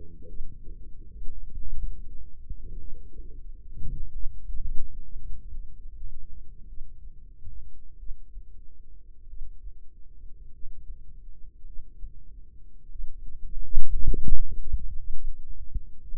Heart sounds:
heart sounds by microphone in the right ear; 50 bpm
0.29 s: heartbeat
1.53 s: heartbeat
2.80 s: heartbeat
4.13 s: heartbeat
5.47 s: heartbeat
6.68 s: heartbeat
7.98 s: heartbeat
9.28 s: heartbeat
10.52 s: heartbeat
11.65 s: heartbeat
12.91 s: heartbeat
14.21 s: heartbeat
15.12 s: heartbeat
16.00 s: heartbeat
From the record:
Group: healthy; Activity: rest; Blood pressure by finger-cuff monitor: 110/62 mmHg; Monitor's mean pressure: 76 mmHg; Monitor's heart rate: 48 bpm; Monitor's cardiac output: 4.4 L/min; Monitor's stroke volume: 96 mL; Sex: female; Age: 36 years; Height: 163 cm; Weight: 88 kg

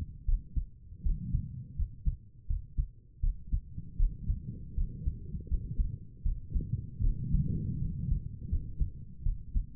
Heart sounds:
heart sounds by stethoscope; 80 bpm
0.26 s: heartbeat
1.04 s: heartbeat
1.77 s: heartbeat
2.48 s: heartbeat
3.21 s: heartbeat
3.98 s: heartbeat
4.76 s: heartbeat
5.49 s: heartbeat
6.24 s: heartbeat
7.02 s: heartbeat
7.80 s: heartbeat
8.50 s: heartbeat
9.24 s: heartbeat
From the record:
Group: healthy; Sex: female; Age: 22 years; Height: 163 cm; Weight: 67.1 kg

